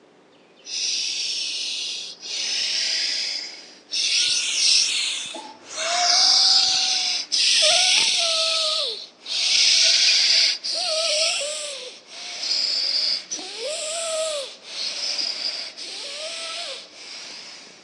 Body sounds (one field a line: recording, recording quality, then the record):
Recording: shallow breathing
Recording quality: moderate, slight background noise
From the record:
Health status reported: healthy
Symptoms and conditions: none ticked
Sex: male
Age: 27 years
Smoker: yes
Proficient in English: yes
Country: India